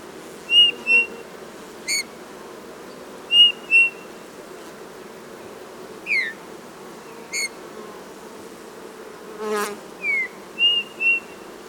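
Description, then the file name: Eurasian bullfinch calls as soft whistled pipes, often in pairs, plus a few downward-sliding notes, repeated irregularly with brief clicks. "Pyrrhula pyrrhula"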